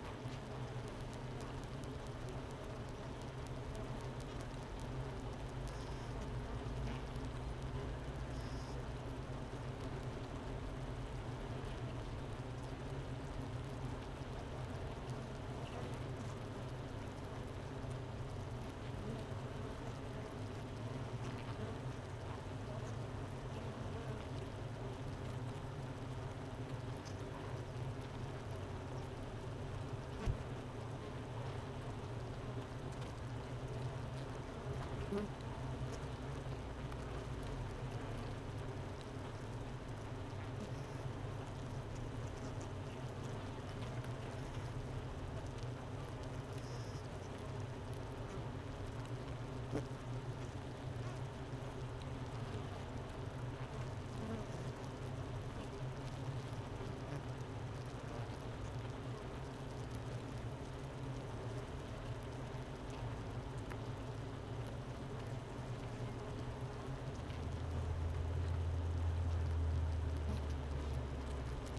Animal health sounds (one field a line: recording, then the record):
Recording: honeybee colony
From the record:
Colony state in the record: missing queen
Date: 31 May 2018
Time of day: 10:37